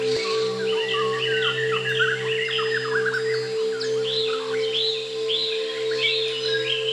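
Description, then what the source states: White-crowned shama song: dense, fast sequences of sweet whistles and slurred notes with little pause, a steady low drone underneath throughout. Natural sound of the bird.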